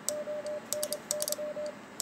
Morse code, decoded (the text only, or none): ONY